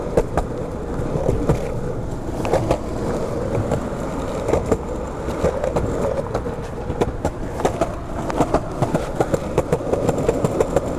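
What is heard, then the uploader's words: Skateboard wheels roll steadily over pavement with a dense, low rumble that never lets up. Sharp clacks and taps from cracks and seams break through every half second or so, growing quicker near the end, while a faint outdoor hum sits underneath. Exploring the City on Skateboards at Night. You hypnotically kick and push the board, cruising down the roads and sidewalks.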